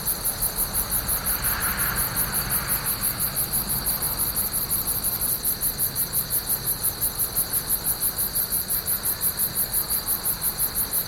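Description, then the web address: Insect calling in quick, regular high-pitched pulses about four per second, with a steady shrill tone beneath and soft low rumble. "насекомые"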